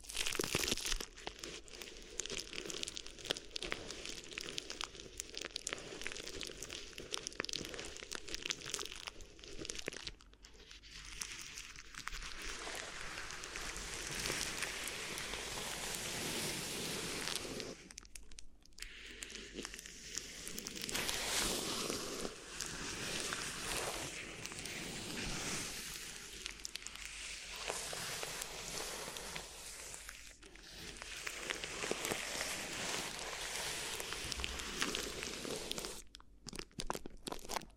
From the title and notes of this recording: ASMR Addictive Crinkly Ear Massage (No Talking).